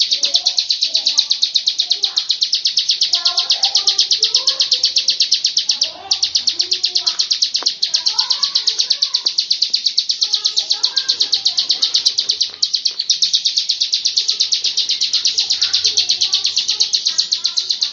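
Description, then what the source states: Lovebird chatters rapidly and continuously in high, harsh pulses with a few momentary breaks. Long "ngekek" song style.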